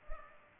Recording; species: mosquito wingbeat signal from an infrared sensor; Culex pipiens